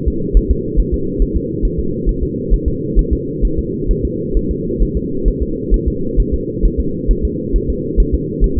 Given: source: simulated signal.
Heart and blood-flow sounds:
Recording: fetal heart sounds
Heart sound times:
0.08 s: S2
0.37 s: S1
0.51 s: S2
0.80 s: S1
0.94 s: S2
1.22 s: S1
1.36 s: S2
1.65 s: S1
1.79 s: S2
2.09 s: S1
2.23 s: S2
2.53 s: S1
2.68 s: S2
2.99 s: S1
3.13 s: S2
3.45 s: S1
3.59 s: S2
3.91 s: S1
4.05 s: S2
4.37 s: S1
4.51 s: S2
4.82 s: S1
4.97 s: S2
5.28 s: S1
5.42 s: S2
5.74 s: S1
5.88 s: S2
6.20 s: S1
6.34 s: S2
6.65 s: S1
6.80 s: S2
7.11 s: S1
7.25 s: S2
7.56 s: S1
7.70 s: S2
8.00 s: S1
8.14 s: S2
8.44 s: S1
8.58 s: S2
From the record:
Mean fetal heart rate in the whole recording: 135 bpm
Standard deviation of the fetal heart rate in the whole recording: 3 bpm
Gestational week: 36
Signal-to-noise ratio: -6.6 dB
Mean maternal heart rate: 72 bpm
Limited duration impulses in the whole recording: present

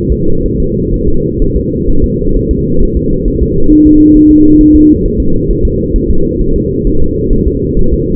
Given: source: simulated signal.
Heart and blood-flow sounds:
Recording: fetal heart sounds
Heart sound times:
0.12 s: S2
0.46 s: S1
0.60 s: S2
0.94 s: S1
1.08 s: S2
1.42 s: S1
1.56 s: S2
1.89 s: S1
2.04 s: S2
2.36 s: S1
2.51 s: S2
2.83 s: S1
2.97 s: S2
3.28 s: S1
3.42 s: S2
3.72 s: S1
3.87 s: S2
4.17 s: S1
4.31 s: S2
4.61 s: S1
4.75 s: S2
5.05 s: S1
5.20 s: S2
5.51 s: S1
5.65 s: S2
5.96 s: S1
6.10 s: S2
6.41 s: S1
6.56 s: S2
6.87 s: S1
7.02 s: S2
7.33 s: S1
7.47 s: S2
7.79 s: S1
7.94 s: S2
From the record:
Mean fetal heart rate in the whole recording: 130 bpm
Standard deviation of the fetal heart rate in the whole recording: 4 bpm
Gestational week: 38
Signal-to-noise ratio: -19.1 dB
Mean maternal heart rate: 72 bpm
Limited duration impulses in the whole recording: present

